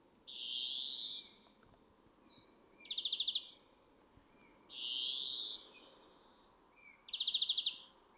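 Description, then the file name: European greenfinch calls: two long, rising, nasal wheezes, each about a second, alternating with quick buzzy trilled bursts. Faint low background hiss underneath. "Chloris chloris"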